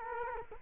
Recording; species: mosquito wingbeat signal from an infrared sensor; Culex quinquefasciatus